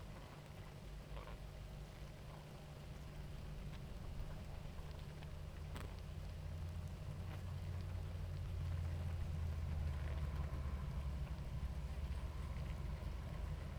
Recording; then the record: honeybee colony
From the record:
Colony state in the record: active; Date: 28 July 2017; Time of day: 18:30